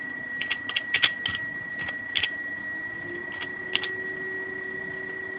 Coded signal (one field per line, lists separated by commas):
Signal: PSK31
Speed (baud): 31.25 baud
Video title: PSK31 QSO A65BC in Abu Dhabi & DU3MEL in Mabalacat Pampanga Philippines